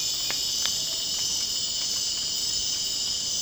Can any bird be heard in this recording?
no